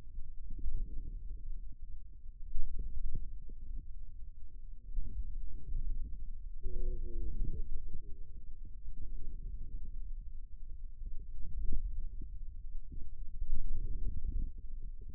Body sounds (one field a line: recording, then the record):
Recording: forearm muscle sounds (acoustic myography)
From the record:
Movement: wrist extension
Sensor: system 2, bracelet of six BSWA MPA416 microphones around the upper forearm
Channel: 2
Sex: male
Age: 22 years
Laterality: right